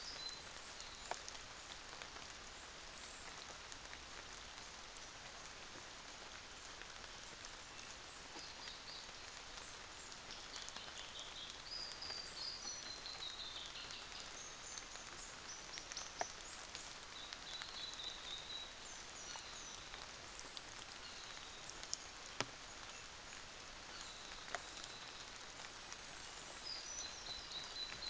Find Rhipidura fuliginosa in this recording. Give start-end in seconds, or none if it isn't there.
0.09-1.84, 2.38-3.47, 6.30-10.30, 11.88-12.70, 14.21-17.16, 18.61-20.02, 25.28-26.90